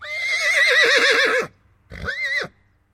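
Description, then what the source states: Horse whinnying, a long quavering, wavering call lasting about a second and a half, then a shorter rising and falling whinny. Big whinny.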